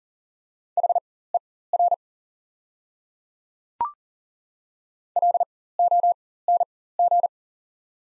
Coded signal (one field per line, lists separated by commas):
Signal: Morse code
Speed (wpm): 40 wpm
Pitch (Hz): 700 Hz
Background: none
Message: HER LONG